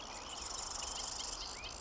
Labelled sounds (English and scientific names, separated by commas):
Marsh Wren (Cistothorus palustris)